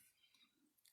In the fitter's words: and usually you can hear a little click